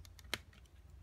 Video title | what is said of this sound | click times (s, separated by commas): S.H. Figuarts Big The Budo Kinnikuman Review | You hear the snap. | 0.3 s